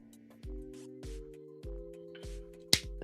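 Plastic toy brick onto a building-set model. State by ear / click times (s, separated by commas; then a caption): seated / 2.7 s. A plastic toy brick is pressed onto a building-set model while music with steady tones plays in the background. A sharp snap at 2.7 s marks the brick seating firmly in place, with a softer tick following at 3.0 s.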